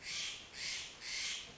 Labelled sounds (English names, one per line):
Steller's Jay